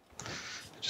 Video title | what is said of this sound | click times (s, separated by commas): Monarch 10EE Drive Retrofit 3: Building out the Electrical Component Panel | just kind of snaps in place | 0.2 s